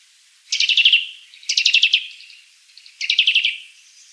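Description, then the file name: Eurasian nuthatch giving three short bursts of rapid, high, ringing notes, each lasting about half a second and spaced roughly one to one and a half seconds apart. "Sitta europaea"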